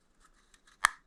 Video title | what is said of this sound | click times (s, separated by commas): David Brown 880 e10 rebuilding the fuel pump | and you can feel it click into place right like that | 0.9 s